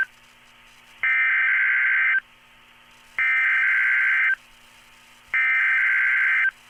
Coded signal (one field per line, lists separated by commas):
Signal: Emergency Alert System (SAME) tones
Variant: header bursts